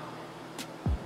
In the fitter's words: You can also hear the lids starting to seal. They're starting to pop.